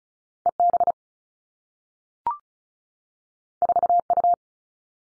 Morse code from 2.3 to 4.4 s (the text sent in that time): 4 U